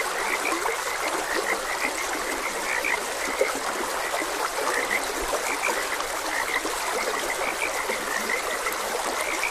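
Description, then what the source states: Frogs croaking in a dense chorus, short repeated notes overlapping continuously over the steady rush of flowing water. Frogs croaking beside a gentle stream.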